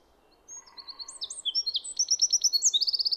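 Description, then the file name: Common chaffinch singing a bright run of high trilled notes that grows louder toward the end. "Fringilla coelebs"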